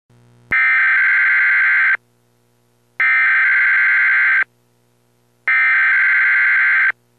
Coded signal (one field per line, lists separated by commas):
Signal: Emergency Alert System (SAME) tones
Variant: header bursts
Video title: EAS severe t'storm warning for franklin county ok.